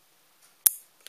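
An RJ45 Ethernet cable plug is pushed into a Raspberry Pi's Ethernet port, and its plastic latch snaps home with a sharp click at 0.7 s. A faint rustle comes just before, and a smaller tick follows at about 1.1 s. The plug is seated.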